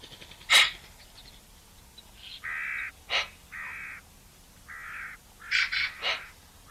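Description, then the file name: Eurasian magpie giving scattered single harsh, scratchy calls, alongside a few flat, even-pitched buzzy tones. "Pica pica"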